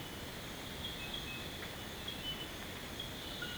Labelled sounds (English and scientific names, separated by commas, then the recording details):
none
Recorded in secondary vegetation near Puerto Asís, Putumayo, Colombia, on 18 February 2024 at 04:00
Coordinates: 0.472, -76.331
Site G6371